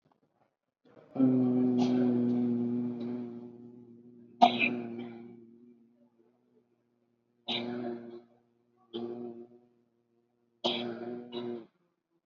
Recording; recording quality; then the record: sustained vowel as in boot; moderate, slight background noise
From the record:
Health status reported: COVID-19 positive, mild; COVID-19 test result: positive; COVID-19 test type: RT-PCR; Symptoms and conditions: diabetes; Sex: male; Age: 29 years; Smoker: no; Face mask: not worn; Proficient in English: yes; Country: India